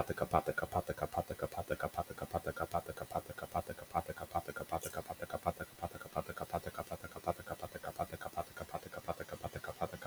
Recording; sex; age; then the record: repeated syllables /pa ta ka/; male; 20 to 29 years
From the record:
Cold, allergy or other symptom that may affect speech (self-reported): no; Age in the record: 25 years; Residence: Florida, United States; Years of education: 15